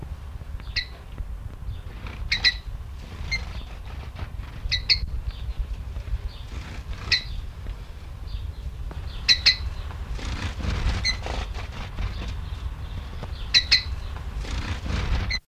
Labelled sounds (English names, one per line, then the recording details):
Quailfinch call
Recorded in captivity
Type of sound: call
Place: Zoo Duisburg, Nordrhein-Westfalen, DE
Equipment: Halbspur, 9,5 cm/s
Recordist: Lütgens, Hans
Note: Rufe